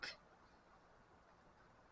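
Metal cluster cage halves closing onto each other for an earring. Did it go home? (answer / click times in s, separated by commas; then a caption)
yes / 0.0 s. A small metal cluster cage for an earring, holding five charms in its bottom half, is pressed tight until its halves snap shut onto each other. A brief, sharp, bright click lands at 0.0 s, followed by quiet, steady low background hiss for the rest of the clip. The cage is closed and seated.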